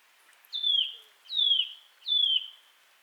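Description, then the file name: Eurasian nuthatch repeating a piping, falling whistle three times, roughly one every three quarters of a second, with a quiet background. "Sitta europaea"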